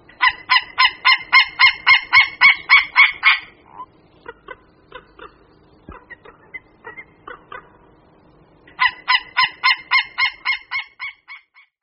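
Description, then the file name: White-tailed eagle yelping call: a fast, even series of sharp, harmonic yelps that breaks into scattered notes and then resumes as another rapid run. "Orel-mořský"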